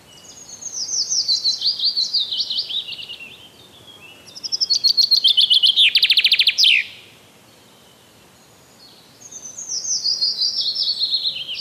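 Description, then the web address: Common chaffinch song: high trilled phrases falling in pitch, one ending in a loud rattling flourish. "Przyroda Ptaki Zięba"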